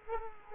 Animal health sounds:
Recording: mosquito wingbeat signal from an infrared sensor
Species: Culex quinquefasciatus

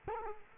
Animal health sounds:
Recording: mosquito wingbeat signal from an infrared sensor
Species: Culex quinquefasciatus

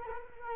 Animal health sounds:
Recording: mosquito wingbeat signal from an infrared sensor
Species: Culex quinquefasciatus

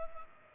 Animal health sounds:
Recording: mosquito wingbeat signal from an infrared sensor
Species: Culex pipiens

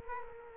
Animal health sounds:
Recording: mosquito wingbeat signal from an infrared sensor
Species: Aedes aegypti

